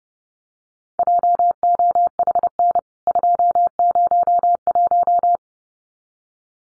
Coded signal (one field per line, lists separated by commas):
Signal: Morse code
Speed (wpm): 30 wpm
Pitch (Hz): 700 Hz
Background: none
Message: JOHN 201